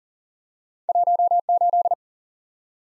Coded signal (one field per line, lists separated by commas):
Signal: Morse code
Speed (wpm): 40 wpm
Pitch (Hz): 700 Hz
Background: none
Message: 18